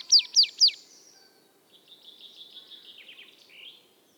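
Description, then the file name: Marsh Tit calls: three loud, sharp downslurred notes in quick succession, then a softer twittering, slightly buzzy chatter that fades out. "Poecile palustris"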